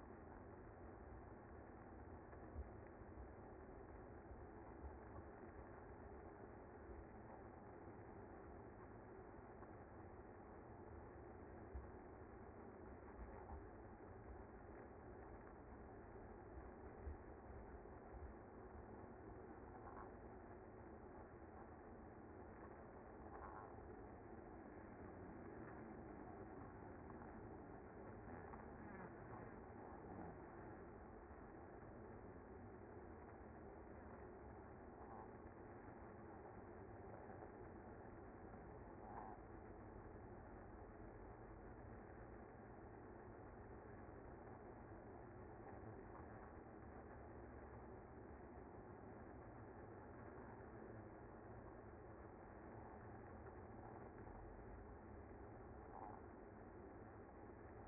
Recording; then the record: honeybee colony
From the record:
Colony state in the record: active